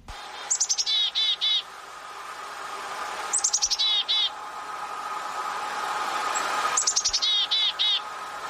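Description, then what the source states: Black-capped chickadee giving its chick-a-dee-dee call three times, about three seconds apart: sharp high opening notes and then several buzzy dee notes. Chickadee-dee-dee call, one of its best-known noises; the most common chickadee in the United States.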